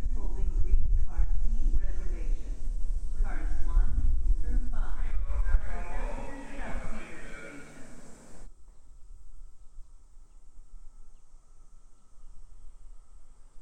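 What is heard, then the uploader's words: A train station in Osaka, with a man's voice speaking steadily over a low rumble for the first eight seconds or so. His speech runs in a continuous flow, then the sound cuts off abruptly near eight and a half seconds, leaving a faint, thin hiss to the end. Train Station Osaka.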